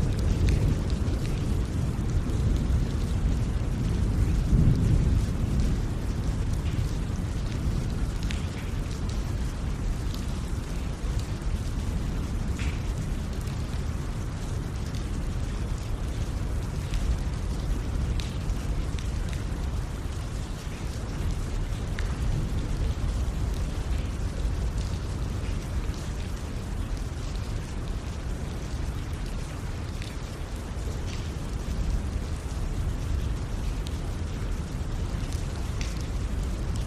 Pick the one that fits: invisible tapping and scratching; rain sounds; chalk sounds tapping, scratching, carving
rain sounds